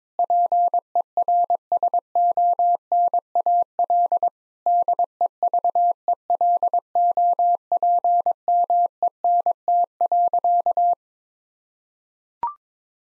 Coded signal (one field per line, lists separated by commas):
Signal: Morse code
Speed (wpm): 22 wpm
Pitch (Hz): 700 Hz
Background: none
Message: PERSONAL DEVELOPMENT.